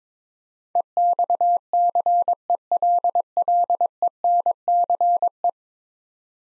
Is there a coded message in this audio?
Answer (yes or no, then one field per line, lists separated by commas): yes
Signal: Morse code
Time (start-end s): 0.8-5.5 s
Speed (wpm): 22 wpm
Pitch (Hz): 700 Hz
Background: none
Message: EXCELLENCE